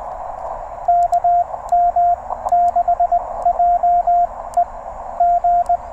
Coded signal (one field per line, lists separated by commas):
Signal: Morse code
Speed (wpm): 20 wpm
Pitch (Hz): 690 Hz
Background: radio noise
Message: KM6JE G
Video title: EVENING QRP POTA | TR-35 #cw #parksontheair #hamradio